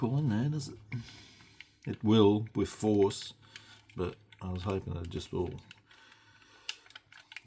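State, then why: Seated. Someone talks while pressing a plastic part of a Das Werk 1/32 Messerschmitt P.1101 scale model kit into a fuselage half. After more pressure, a short burst of sharp clicks comes at 6.7 s, followed by fainter ticks, as the part snaps into the fuselage and seats.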